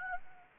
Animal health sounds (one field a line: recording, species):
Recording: mosquito wingbeat signal from an infrared sensor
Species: Anopheles gambiae